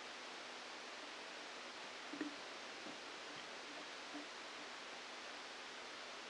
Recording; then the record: brain microelectrode recording played as sound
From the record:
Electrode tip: outside the subthalamic nucleus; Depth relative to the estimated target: -4 mm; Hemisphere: left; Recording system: NeuroSet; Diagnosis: Parkinson's disease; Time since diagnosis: 27 years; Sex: male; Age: 62 years